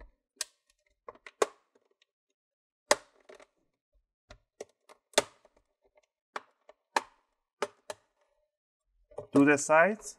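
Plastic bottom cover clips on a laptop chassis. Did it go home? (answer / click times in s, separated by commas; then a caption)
released / 0.4 s, 1.4 s, 2.9 s, 5.2 s, 7.0 s, 7.6 s. A guitar pick is pushed between the plastic top and bottom covers of an Asus Vivobook X543B laptop, opened at a 45-degree angle, and wiggled around. The plastic bottom cover clips on the chassis pop open one after another with sharp clicks at 0.4, 1.4, 2.9, 5.2, 7.0 and 7.6 seconds, releasing the cover. Someone talks briefly at the end.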